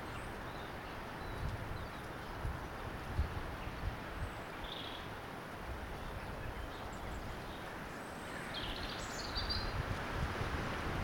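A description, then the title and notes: Birds sing faintly in a garden, with a few thin, high chirps and short phrases scattered through the clip, clearest near the middle and toward the end. Beneath them runs a steady low rumble of wind or traffic that stays level throughout. The first birdsong of the year in a garden on Gower. You're in a large wildlife-rich garden on Gower, a small and beautiful peninsular in South Wales. At this time of year, the beech hedges are orange, the leaves are curled, crisp and dry. Recorded and presented by Hannah Tribe.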